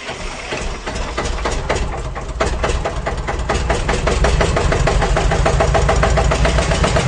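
An old Chevette car engine cranks and sputters to life, then settles into a loud, steady idle with a rapid, regular chugging pulse. No one speaks.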